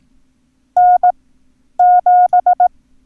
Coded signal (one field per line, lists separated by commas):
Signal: Morse code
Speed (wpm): 18 wpm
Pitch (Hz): 720 Hz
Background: none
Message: N7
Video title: Learn Morse Code - Numbers - Lesson 1